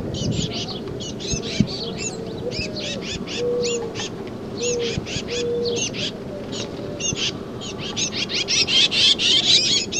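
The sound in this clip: Titmouse calling: dense, fast series of high, arched notes that grows louder toward the end, with a few lower drawn-out tones in the middle.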